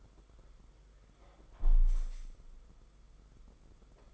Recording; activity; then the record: daily activity, microphone in the room; close window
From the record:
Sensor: 5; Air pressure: 991.4 hPa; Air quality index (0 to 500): 107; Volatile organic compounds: 24 ppm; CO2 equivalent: 2800 ppm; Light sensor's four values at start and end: 39/126/48/51 and 39/126/47/51